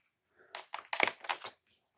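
An HJC Smart 21B helmet comm unit's tabbed microphone body is rotated into its mount on an RPHA 91 helmet, with scraping and rubbing plastic sounds and clicks at 0.9 and 1.0 s. Only the front tab snaps in while the rear tab resists, so the unit is only partly seated and not fully home.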